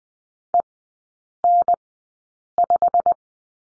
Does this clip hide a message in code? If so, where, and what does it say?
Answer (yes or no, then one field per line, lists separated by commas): yes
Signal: Morse code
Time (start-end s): 0.5-3.1 s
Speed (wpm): 20 wpm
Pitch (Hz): 700 Hz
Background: none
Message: EN5